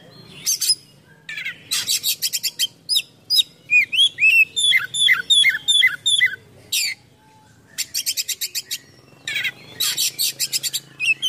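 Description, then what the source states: Oriental magpie-robin song with long rapid rattling trills, a run of repeated downslurred whistles, and more buzzy chatter bursts between brief pauses. Full, lively song packed with imitations of other birds, a style called gacor full isian.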